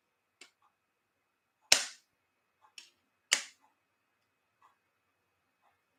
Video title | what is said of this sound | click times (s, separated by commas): Week #9 Mounjaro Monday: Gratitude and Dining Out Tips! | And I'm going to push, and I've got to listen for the second click. | 1.7 s, 3.3 s